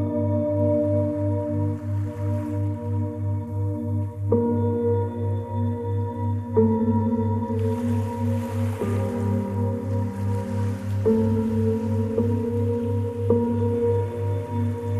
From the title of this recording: Tiny Calming Waves with Music